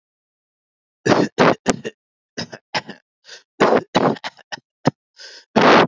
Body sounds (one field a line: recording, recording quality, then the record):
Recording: heavy voluntary cough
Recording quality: excellent, no background noise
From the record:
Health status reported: healthy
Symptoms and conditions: none ticked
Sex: male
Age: 45 years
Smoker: yes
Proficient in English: yes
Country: India